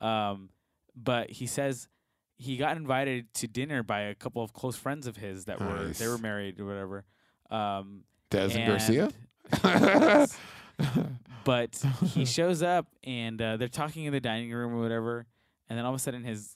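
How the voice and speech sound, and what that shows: A man tells a casual story in fluent, relaxed conversational speech with ordinary pauses and fillers.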